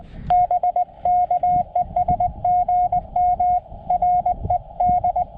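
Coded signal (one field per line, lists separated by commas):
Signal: Morse code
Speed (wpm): 20 wpm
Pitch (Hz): 720 Hz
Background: radio noise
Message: BK ES GM RED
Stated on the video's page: Paddle-sent Morse from a Summits on the Air activation of Needle Mountain, full activation with unedited QSOs and paddle miscues.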